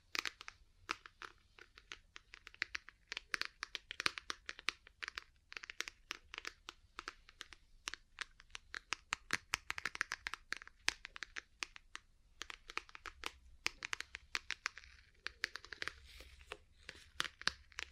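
Ear cleaning and massage sounds: a dense run of quick, crinkly scratches and taps that rustle and crackle almost without pause. The clicks come irregularly, several per second, with bright crisp edges, over a faint low rumble that stays steady throughout.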